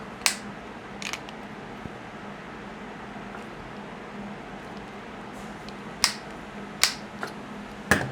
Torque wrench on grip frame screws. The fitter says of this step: So again, I'm listening for those two clicks.